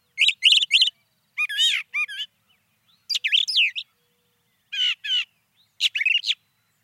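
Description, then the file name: Brown thrasher singing a rapid string of varied, buzzy and whistled phrases, several doubled, with brief gaps between bursts. "suara kicauan brown thrasher. omkicau"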